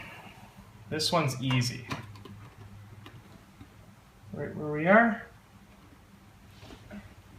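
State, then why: Not seated. A plastic Lego brick module, the ball dumper part of a ball factory machine, is handled over the ball machine frame while someone talks. A few faint ticks can be heard. Nothing has seated or clicked into place yet.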